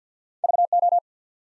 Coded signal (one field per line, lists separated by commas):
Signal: Morse code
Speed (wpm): 50 wpm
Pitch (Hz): 700 Hz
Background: none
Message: V O